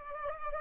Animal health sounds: mosquito wingbeat signal from an infrared sensor; Culex pipiens

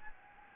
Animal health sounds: mosquito wingbeat signal from an infrared sensor; Anopheles gambiae

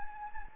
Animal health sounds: mosquito wingbeat signal from an infrared sensor; Anopheles gambiae

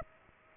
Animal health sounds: mosquito wingbeat signal from an infrared sensor; Culex pipiens

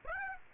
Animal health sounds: mosquito wingbeat signal from an infrared sensor; Aedes aegypti

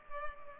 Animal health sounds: mosquito wingbeat signal from an infrared sensor; Culex pipiens

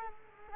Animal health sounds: mosquito wingbeat signal from an infrared sensor; Culex quinquefasciatus

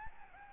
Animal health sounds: mosquito wingbeat signal from an infrared sensor; Aedes albopictus

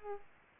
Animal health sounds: mosquito wingbeat signal from an infrared sensor; Culex pipiens

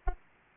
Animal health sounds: mosquito wingbeat signal from an infrared sensor; Aedes aegypti

